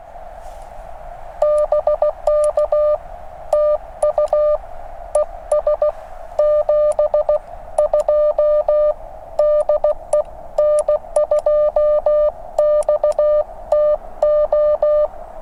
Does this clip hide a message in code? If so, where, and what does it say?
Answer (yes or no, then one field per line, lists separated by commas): yes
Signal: Morse code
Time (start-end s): 1.4-15.1 s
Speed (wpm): 16 wpm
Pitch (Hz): 530 Hz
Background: music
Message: BK TU ES 72 DE N2XTO